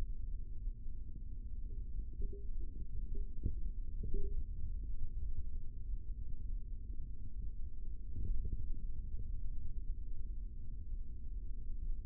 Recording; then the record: forearm muscle sounds (acoustic myography)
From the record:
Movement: finger pinch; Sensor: system 3, bracelet of six PUI Audio POM-2738L microphones around the upper forearm, with dedicated amplification and filtering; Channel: 5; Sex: male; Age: 25 years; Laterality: right